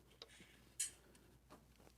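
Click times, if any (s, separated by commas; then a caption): 0.8 s. With a 1/10 scale Tenacity DB Pro RC car mounted, the rotating top of an Eco Power RC car stand is turned a further 45 degrees until its ball detent catches. A sharp, bright click at 0.8 s marks the detent locking into place, surrounded by a few fainter ticks. The stand top is confirmed locked.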